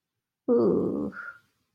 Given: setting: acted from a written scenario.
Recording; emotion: vocal sound without words; embarrassment